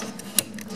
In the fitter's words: you hear that click? And once it's in, that's it.